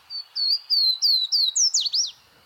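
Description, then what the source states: Swainson's warbler song: a run of clear, slurred whistles sliding downward, rising to louder, higher notes that twist down at the end, about two seconds long. One of North America's shyest birds, small and brown; a song from within a rhododendron thicket in Great Smoky Mountains National Park on a fine May morning.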